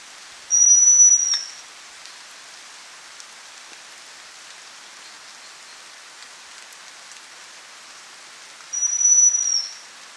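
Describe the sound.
Chestnut-belted chat-tyrant call: a thin, high, level whistle lasting nearly a second, given twice about eight seconds apart, over a steady background hiss.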